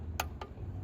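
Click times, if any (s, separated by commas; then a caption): 0.2 s. A click-type torque wrench is pulled on an oil drain plug once more, right after the first break-over, to re-check that it is at spec. It gives a single sharp click at 0.2 s, followed by a fainter tap at about 0.4 s over a steady low background rumble. The plug is confirmed tightened to spec.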